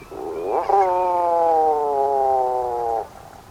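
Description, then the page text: Tufted Puffin call, a long, low, groaning moan with rich harmonics, held for over two seconds and slowly falling in pitch. "Washington's Puffins (BirdNote 03/10/25) – Chirp Nature Center"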